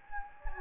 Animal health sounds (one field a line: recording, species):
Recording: mosquito wingbeat signal from an infrared sensor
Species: Anopheles gambiae